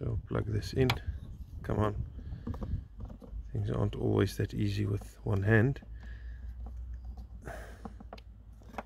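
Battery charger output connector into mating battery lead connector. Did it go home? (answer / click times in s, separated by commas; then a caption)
yes / 8.1 s. Someone talks while pushing the plastic output lead connector of a Victron Energy Blue Smart IP65 12V 15A battery charger into the mating battery-side connector, with a few small taps and handling sounds along the way. The connectors lock together with a sharp click at 8.1 s, seating the connection.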